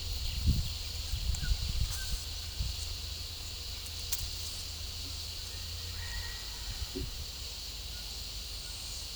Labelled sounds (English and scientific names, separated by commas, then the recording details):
none
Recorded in pastures near Puerto Asís, Putumayo, Colombia, on 26 December 2024 at 12:30
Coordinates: 0.497, -76.327
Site G088